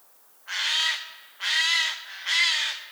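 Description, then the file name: Eurasian jay giving three harsh, rasping screeches, each about half a second long, spaced roughly a second apart. "Garrulus glandarius"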